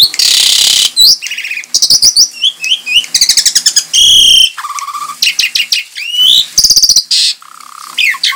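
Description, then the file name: Javan pied starling song, a fast, varied run of whistled slurs, buzzy rasps and rapid trilled notes, loud and nearly continuous with brief gaps. Lure song, known locally as pancingan. "suara pancingan jalak suren"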